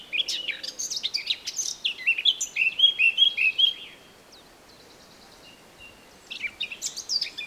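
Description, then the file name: Eurasian blackcap song with hurried squeaky chatter leading into bright fluted whistles, then near silence for two seconds before a new scratchy warble starts. "Sylvia atricapilla"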